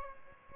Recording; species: mosquito wingbeat signal from an infrared sensor; Aedes albopictus